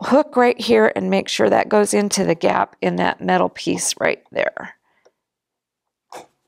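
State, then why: Seated. Someone talks while guiding the hook of a threaded bobbin case into the gap in a metal piece of the bobbin assembly on a Husqvarna Viking H Class E20 sewing machine. After the talk stops, a faint tick comes at 5.1 s, then a sharp click at 6.1 s as the loaded bobbin case clicks home and seats.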